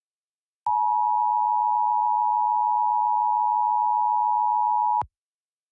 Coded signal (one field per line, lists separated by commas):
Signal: Emergency Alert System (SAME) tones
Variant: 853 and 960 Hz attention tone